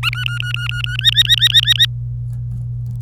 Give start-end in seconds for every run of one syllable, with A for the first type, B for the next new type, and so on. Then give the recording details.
0.03-0.10 A, 0.13-0.97 B, 0.99-1.86 C. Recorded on 26 April 2018 at 09:38. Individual llb3